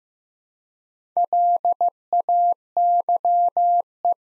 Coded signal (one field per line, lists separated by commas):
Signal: Morse code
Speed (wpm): 15 wpm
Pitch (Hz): 700 Hz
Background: none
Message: LAYE